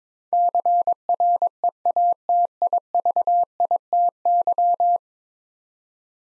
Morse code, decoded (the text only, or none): CREATIVITY